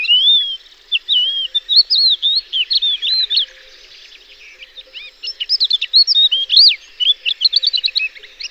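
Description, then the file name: Thekla's lark singing a long, jumbled warble of rising and falling whistles mixed with quick repeated chirps, with a quieter lull in the middle of the passage. "Galerida theklae"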